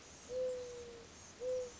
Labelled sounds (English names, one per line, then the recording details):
Mourning Dove
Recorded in Sonoma County, California